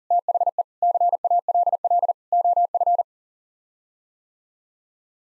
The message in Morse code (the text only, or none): THE CALL OF